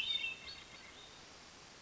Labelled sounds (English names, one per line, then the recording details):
Hermit Thrush
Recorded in Sonoma County, California